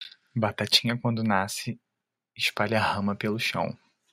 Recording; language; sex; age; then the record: short text; Brazilian Portuguese; male; 30 to 39 years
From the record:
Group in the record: control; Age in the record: 34 years